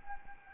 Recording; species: mosquito wingbeat signal from an infrared sensor; Anopheles gambiae